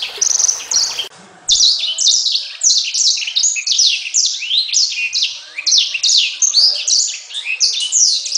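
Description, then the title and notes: Bird song: a loud, continuous chattering of rapid high notes, each sweeping downward, repeated in dense overlapping bursts after a brief pause near the start. Bird song for training pet birds. "Suara Burung. Suara Kicauan Burung untuk memaster burung kesayangan"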